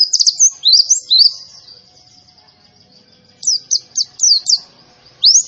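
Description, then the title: White-eye giving high, bright chirps and slurred whistles in short bursts, separated by a quiet gap of about two seconds. Young bird, described as in full, vigorous song. "Pleci Gacor. Anakan Pleci Iblis"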